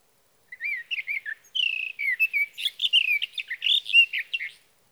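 Sage thrasher singing a rapid, sweet warbling stream of varied whistled notes, some slurred downward, then silence.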